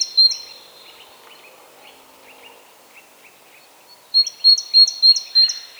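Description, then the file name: Great tit: a loud high phrase at the start, then softer, lower chirps, then a series of several loud high two-part phrases at the end. "Parus major"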